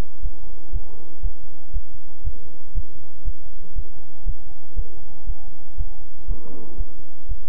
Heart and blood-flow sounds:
heart sounds by stethoscope; between the tricuspid and mitral areas; 119 bpm
0.21 s: heartbeat
0.71 s: heartbeat
1.21 s: heartbeat
1.72 s: heartbeat
2.22 s: heartbeat
2.73 s: heartbeat
3.23 s: heartbeat
3.74 s: heartbeat
4.24 s: heartbeat
4.74 s: heartbeat
5.25 s: heartbeat
5.76 s: heartbeat
6.26 s: heartbeat
6.76 s: heartbeat
7.27 s: heartbeat
From the record:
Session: bicycle stress test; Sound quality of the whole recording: good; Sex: male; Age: 26 years

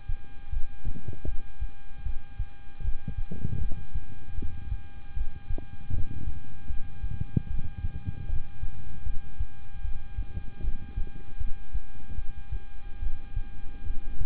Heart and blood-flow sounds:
heart sounds by stethoscope; between the tricuspid and mitral areas; 76 bpm
0.50 s: heartbeat
1.25 s: heartbeat
2.03 s: heartbeat
2.82 s: heartbeat
3.58 s: heartbeat
4.35 s: heartbeat
5.14 s: heartbeat
5.90 s: heartbeat
6.67 s: heartbeat
7.47 s: heartbeat
8.26 s: heartbeat
9.03 s: heartbeat
9.82 s: heartbeat
10.61 s: heartbeat
11.38 s: heartbeat
12.15 s: heartbeat
13.00 s: heartbeat
13.83 s: heartbeat
From the record:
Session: rest, lying down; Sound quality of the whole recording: good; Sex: male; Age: 26 years

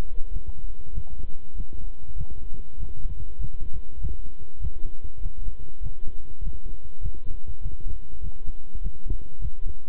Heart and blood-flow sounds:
heart sounds by stethoscope; between the tricuspid and mitral areas; 99 bpm
0.31 s: heartbeat
0.93 s: heartbeat
1.54 s: heartbeat
2.15 s: heartbeat
2.77 s: heartbeat
3.39 s: heartbeat
3.99 s: heartbeat
4.59 s: heartbeat
5.20 s: heartbeat
5.81 s: heartbeat
6.41 s: heartbeat
7.01 s: heartbeat
7.61 s: heartbeat
8.21 s: heartbeat
8.81 s: heartbeat
9.39 s: heartbeat
From the record:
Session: walking at 3.7 km/h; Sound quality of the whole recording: good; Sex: male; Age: 26 years

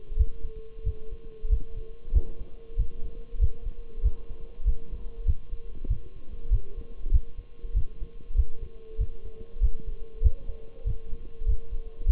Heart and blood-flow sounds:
heart sounds by stethoscope; between the tricuspid and mitral areas; 96 bpm
0.19 s: heartbeat
0.86 s: heartbeat
1.51 s: heartbeat
2.15 s: heartbeat
2.79 s: heartbeat
3.41 s: heartbeat
4.04 s: heartbeat
4.67 s: heartbeat
5.27 s: heartbeat
5.90 s: heartbeat
6.52 s: heartbeat
7.13 s: heartbeat
7.76 s: heartbeat
8.37 s: heartbeat
9.00 s: heartbeat
9.63 s: heartbeat
10.24 s: heartbeat
10.87 s: heartbeat
11.48 s: heartbeat
12.08 s: heartbeat
From the record:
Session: Bruce protocol treadmill stress test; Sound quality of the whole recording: partially saturated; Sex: male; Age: 23 years

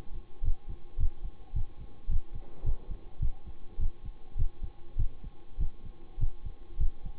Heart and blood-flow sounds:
heart sounds by stethoscope; between the tricuspid and mitral areas; 104 bpm
0.42 s: heartbeat
0.98 s: heartbeat
1.53 s: heartbeat
2.08 s: heartbeat
2.64 s: heartbeat
3.20 s: heartbeat
3.78 s: heartbeat
4.36 s: heartbeat
4.97 s: heartbeat
5.58 s: heartbeat
6.18 s: heartbeat
6.78 s: heartbeat
From the record:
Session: bicycle stress test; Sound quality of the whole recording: good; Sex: male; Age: 26 years

